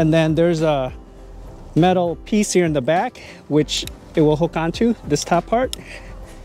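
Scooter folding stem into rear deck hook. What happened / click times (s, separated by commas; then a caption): Handled, not yet home: the stem hook has not clicked into the rear latch / none. A man talks as he handles a Gotrax G4 electric scooter, lowering its folded stem toward the metal hook at the back of the deck that the top part hooks onto. No distinct click is heard over the speech, and nothing has seated or clicked yet.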